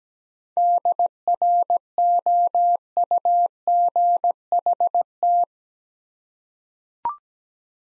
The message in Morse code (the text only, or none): DROUGHT